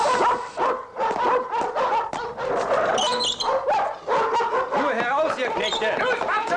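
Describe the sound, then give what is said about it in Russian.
German shepherd dogs held by soldiers on a railway station platform in Weimar bark in repeated sharp, loud bursts, overlapping one another, while a jumble of people's voices carries on underneath throughout. “На перроне стоят солдаты с овчарками.”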